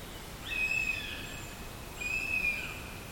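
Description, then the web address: Northern goshawk giving two long, thin, level whistled calls, about one and a half seconds apart, with faint background hiss. "linnut kanahaukka"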